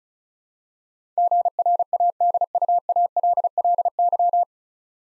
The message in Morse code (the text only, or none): GRADUALLY